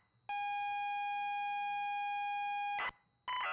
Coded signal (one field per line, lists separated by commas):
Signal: ZX Spectrum tape loading